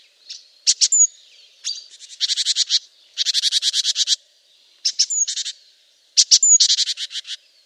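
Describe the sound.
Great tit producing rasping, churring rattles of rapid pulses, with clipped high notes and a short whistle opening several bouts, the bouts separated by brief pauses.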